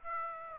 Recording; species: mosquito wingbeat signal from an infrared sensor; Aedes aegypti